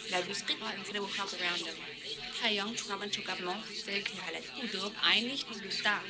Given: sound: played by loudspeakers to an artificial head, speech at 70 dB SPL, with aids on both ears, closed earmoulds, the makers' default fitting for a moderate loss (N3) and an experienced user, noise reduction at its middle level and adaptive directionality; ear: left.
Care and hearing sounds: speech test signal (ISTS) in cocktail-party noise; -3 dB; in front (0 degrees)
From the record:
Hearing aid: class 1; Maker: E

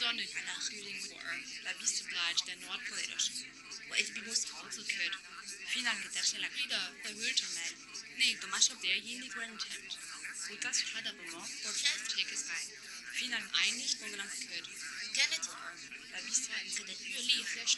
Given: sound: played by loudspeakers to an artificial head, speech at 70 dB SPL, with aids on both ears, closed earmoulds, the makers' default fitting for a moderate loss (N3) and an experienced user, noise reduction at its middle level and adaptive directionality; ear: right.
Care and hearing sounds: speech test signal (ISTS) in cocktail-party noise; -3 dB; in front (0 degrees)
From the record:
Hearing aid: class 1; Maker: J

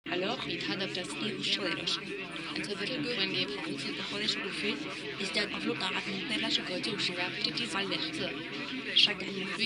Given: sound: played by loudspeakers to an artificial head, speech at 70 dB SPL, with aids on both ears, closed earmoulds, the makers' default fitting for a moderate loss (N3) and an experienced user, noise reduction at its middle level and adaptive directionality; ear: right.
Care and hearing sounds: speech test signal (ISTS) in cocktail-party noise; -3 dB; on the right (90 degrees)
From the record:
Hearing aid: class 2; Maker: D

